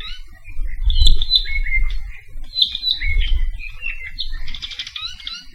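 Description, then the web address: Apapane vocalizing: a continuous mix of clear whistles, slurred notes and harsh buzzy trills, with a low rumble underneath. Saddle Road, Hawaii. "Saddle Road Birding Songfiles apapanelong"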